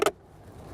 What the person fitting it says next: it snaps into place